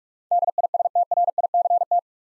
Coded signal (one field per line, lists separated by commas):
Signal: Morse code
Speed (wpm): 44 wpm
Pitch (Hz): 700 Hz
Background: none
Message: DISTRICT